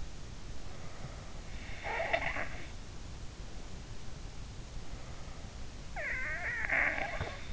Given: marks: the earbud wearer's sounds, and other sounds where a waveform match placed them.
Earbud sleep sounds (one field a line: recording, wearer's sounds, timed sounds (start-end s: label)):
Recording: sounds in sleep by an in-ear microphone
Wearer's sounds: snoring breath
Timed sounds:
0.53-2.73 s: snoring breath
5.88-7.53 s: snoring breath